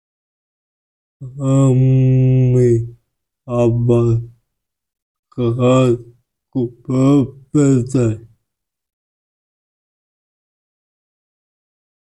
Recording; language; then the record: elicited speech; Bengali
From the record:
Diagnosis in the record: Broca's or global aphasia after a stroke